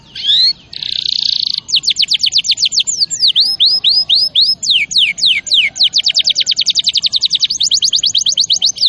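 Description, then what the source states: Canary singing a brief buzzy roll, then quick repeated sweeping notes and a slower set of upward slurs before a fast rattling trill. Champion canary song used as a master recording for training other birds.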